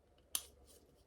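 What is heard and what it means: A steel wrist pin circlip is pushed with a finger into the groove of the piston pin bore on a Polaris 488 fan engine being rebuilt. A single sharp, loud metallic snap is heard at 0.4 s against quiet background noise, and the circlip is confirmed seated in its groove.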